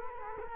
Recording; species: mosquito wingbeat signal from an infrared sensor; Culex quinquefasciatus